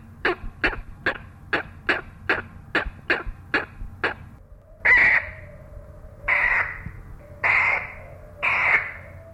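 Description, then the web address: Great blue heron calling: a rapid series of about ten short, harsh clucking notes, then four longer, hoarse, rasping squawks spaced roughly a second apart. "Thumbs Plus Zoo Field Guide Repository"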